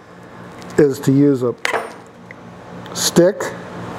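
Someone talks while handling a metal retaining washer being fitted onto the wheel axle of a Mascot reel mower with a stick, with a few faint light taps and scrapes between the words. Nothing has seated or clicked yet.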